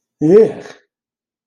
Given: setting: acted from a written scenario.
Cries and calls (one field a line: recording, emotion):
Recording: vocal sound without words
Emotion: disgust